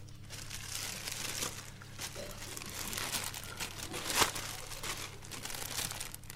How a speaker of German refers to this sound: Ziehen Sie die Plastiktüte über